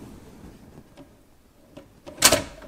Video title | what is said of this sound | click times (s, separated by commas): Unboxing Baureihe 18 201 von KM1 Modellbau in 1:32 - Spur 1-Modellbahn-Review Dampflok BR 18.2 DR | Sobald er eingerastet ist, sind die Lok und der Tender stabil miteinander verbunden. | 2.3 s